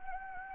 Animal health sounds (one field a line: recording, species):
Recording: mosquito wingbeat signal from an infrared sensor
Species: Anopheles gambiae